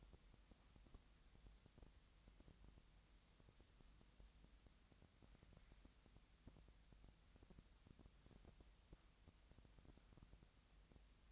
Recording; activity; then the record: daily activity, microphone in the room; wipe stove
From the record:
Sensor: 3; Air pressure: 1003.2 hPa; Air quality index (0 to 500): 197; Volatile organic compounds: 6 ppm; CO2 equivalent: 1924 ppm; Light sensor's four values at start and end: 10/24/10/11 and 10/24/10/11